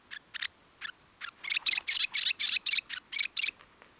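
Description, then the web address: New Zealand fantail song: a quick run of sharp, squeaky chips, sparse at first then tightening into a rapid chattering burst before fading. "cantos abanicomaori"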